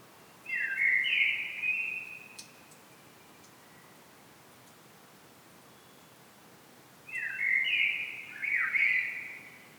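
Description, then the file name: Common blackbird singing two mellow warbled phrases, one at the start and one near the end, separated by about five seconds of quiet background hiss. "Turdus merula"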